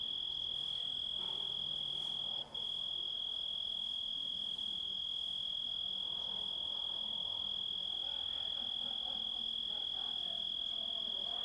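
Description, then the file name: Grasshopper song, a constant high ringing tone interrupted once briefly near the start, with soft background rustle. Composite recording of grasshopper sounds. "engisprettur"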